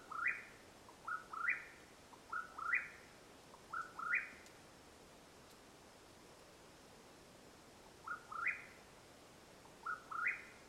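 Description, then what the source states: Mexican whip-poor-will calling rhythmic rising whistled phrases, a run of four, a pause of several seconds, then two more, over low hiss. Calling at nightfall in Madera Canyon, Arizona, USA, 21 April 2022.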